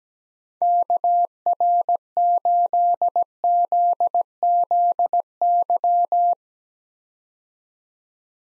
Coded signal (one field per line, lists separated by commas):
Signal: Morse code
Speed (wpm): 17 wpm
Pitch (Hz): 700 Hz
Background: none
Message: KR8ZZY